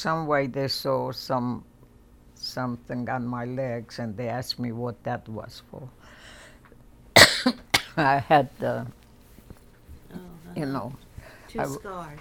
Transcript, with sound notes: Some way, they saw some — something on my legs and they asked me what that was for. [coughs]
Oh, uh-huh.
You know?
Two scars.